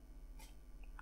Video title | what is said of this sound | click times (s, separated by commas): Agora Models 1965 Shelby Cobra 427 semi-competition 1:8 Scale - Pack 2 - Stages 7-15 | You can hear it clicking in when you put it in. | 1.0 s